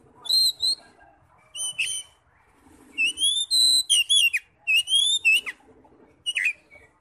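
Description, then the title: Oriental magpie-robin song: pure whistled notes and upward slurs alternating with sharp downward swoops, delivered in bursts separated by short pauses. "Kacer"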